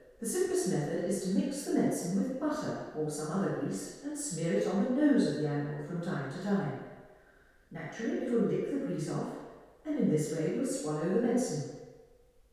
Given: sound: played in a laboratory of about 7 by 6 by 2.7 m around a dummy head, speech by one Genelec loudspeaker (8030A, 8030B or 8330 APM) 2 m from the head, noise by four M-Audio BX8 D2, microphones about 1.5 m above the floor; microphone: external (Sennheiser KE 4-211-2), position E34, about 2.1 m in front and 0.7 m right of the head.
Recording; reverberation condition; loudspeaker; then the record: female speech in English; high; 60 degrees to the left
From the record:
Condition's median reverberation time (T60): about 1300 ms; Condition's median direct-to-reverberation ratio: about -4.0 dB